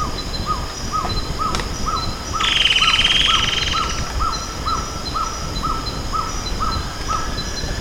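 Bird calls: short, clipped mid-pitched notes repeated about twice a second, with a brief high buzzy trill partway through.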